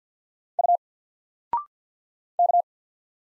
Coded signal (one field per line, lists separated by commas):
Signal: Morse code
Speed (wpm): 48 wpm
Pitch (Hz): 700 Hz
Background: none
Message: U K